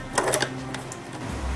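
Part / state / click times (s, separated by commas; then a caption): bobbin case in sewing machine shuttle / not seated / none. A metal bobbin case holding the bobbin is handled and pushed toward the shuttle race of a sewing machine, giving a few short sharp taps near 0.2, 0.3 and 0.4 seconds over a low steady hum. The clip ends before the case goes home, so nothing has seated or clicked yet.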